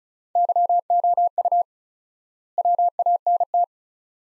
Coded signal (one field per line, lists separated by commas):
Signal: Morse code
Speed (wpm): 36 wpm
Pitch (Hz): 700 Hz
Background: none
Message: YOU WANT